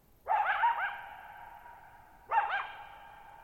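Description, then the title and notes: Coyote calling with a tremulous, wobbling yelp, then a second one two seconds later, both leaving a drawn-out echo. Lone coyote at night, July 14, 2019, Thirtymile Meadows, Okanogan National Forest, Okanogan High Country, 6400 ft (1950 m); tall sharp mountains on a high, mostly dry plateau; shallow bowl-shaped meadow, boggy ground. "Lone Coyote at Thirtymile Meadows. I spent the night of July 14, 2019, camped near Thirtymile Meadows in the Okanogan National Forest at 6400 ft (1950 m)"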